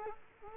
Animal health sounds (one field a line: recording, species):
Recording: mosquito wingbeat signal from an infrared sensor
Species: Culex quinquefasciatus